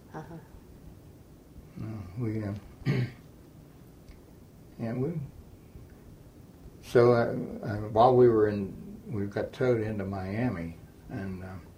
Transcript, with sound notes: Uh huh.
No, we uh (clears throat) and we -- so uh, while we were in -- we got towed into Miami -- and um,